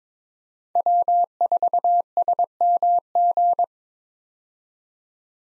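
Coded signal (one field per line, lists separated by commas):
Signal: Morse code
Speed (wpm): 22 wpm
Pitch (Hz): 700 Hz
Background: none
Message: W4SMG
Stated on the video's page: Morse head-copy drill of 5-character US call signs at 22 wpm, each sent, spoken, then sent again.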